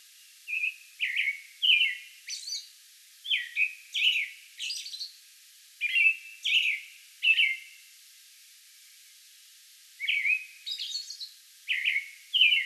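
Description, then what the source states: American robin song: steady series of whistled, slurred phrases, several high squeaky notes mixed in, and a short silent gap before the singing resumes. Song bout on May 11.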